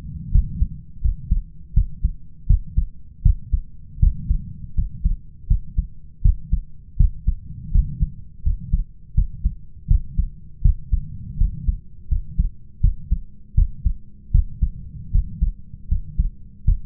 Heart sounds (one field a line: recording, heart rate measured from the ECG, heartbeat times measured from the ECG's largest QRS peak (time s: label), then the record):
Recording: heart sounds by stethoscope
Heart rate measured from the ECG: 81 bpm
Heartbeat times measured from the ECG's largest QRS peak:
0.31 s: heartbeat
1.01 s: heartbeat
1.73 s: heartbeat
2.46 s: heartbeat
3.22 s: heartbeat
3.99 s: heartbeat
4.74 s: heartbeat
5.47 s: heartbeat
6.21 s: heartbeat
6.96 s: heartbeat
7.71 s: heartbeat
8.42 s: heartbeat
9.14 s: heartbeat
9.87 s: heartbeat
10.61 s: heartbeat
11.37 s: heartbeat
12.08 s: heartbeat
12.80 s: heartbeat
13.54 s: heartbeat
14.31 s: heartbeat
15.11 s: heartbeat
15.88 s: heartbeat
16.64 s: heartbeat
From the record:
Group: healthy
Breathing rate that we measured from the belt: 17 breaths a minute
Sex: male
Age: 21 years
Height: 180 cm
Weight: 67.5 kg